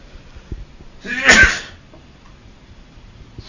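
A single loud, sharp sneeze bursts out around the middle, a brief breathy blast that fades quickly into quiet low background noise.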